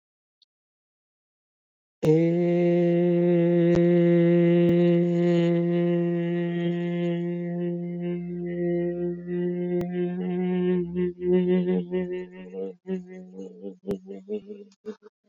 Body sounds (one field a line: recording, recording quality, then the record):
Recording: sustained vowel as in made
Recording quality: excellent, no background noise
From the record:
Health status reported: COVID-19 positive, mild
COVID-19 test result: positive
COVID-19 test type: RT-PCR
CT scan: not taken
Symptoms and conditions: cough, cold, sore throat, muscle pain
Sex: male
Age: 28 years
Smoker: yes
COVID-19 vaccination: both doses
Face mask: worn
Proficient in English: yes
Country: India